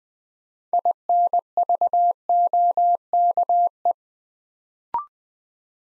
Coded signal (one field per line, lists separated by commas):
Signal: Morse code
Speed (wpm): 20 wpm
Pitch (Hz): 700 Hz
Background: none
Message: INVOKE